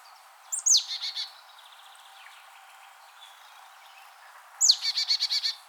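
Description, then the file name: Marsh tit calling twice, each a thin high downslurred note trailing into a quick run of buzzy repeated chatter, separated by a quiet gap. "Poecile palustris"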